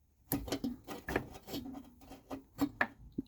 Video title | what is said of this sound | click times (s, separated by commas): Falcon 3.3 adjustable piggyback shocks. Adjustment and issues part 1 | you can hear it click into place there's resistance | 0.3 s, 2.8 s